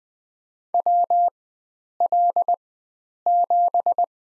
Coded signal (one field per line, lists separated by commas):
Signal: Morse code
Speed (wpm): 20 wpm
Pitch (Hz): 700 Hz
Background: none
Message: WL7